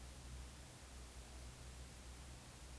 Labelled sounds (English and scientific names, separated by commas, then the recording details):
Eurasian Woodcock (Scolopax rusticola) croak
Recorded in Baden-Württemberg, Germany, on 19 May 2021 at 20:38 UTC
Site 24608, 624 m above sea level